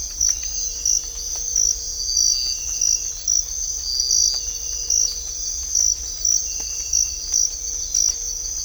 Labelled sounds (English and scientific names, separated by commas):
none